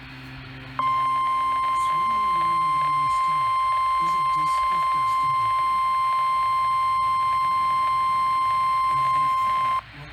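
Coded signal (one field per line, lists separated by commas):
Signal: Emergency Alert System (SAME) tones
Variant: 1050 Hz attention tone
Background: speech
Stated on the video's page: Multiple EAS alerts captured on one day, before a tropical storm.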